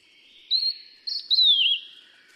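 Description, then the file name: Steere's liocichla whistled call: a clear high steady note, a short pause, then a brief note and a longer slurred whistle sliding downward with a small dip at the end. "黃胸藪眉"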